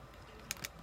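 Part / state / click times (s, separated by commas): Space Needle model part into its mating slot / seated / 0.5 s, 0.6 s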